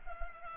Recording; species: mosquito wingbeat signal from an infrared sensor; Culex pipiens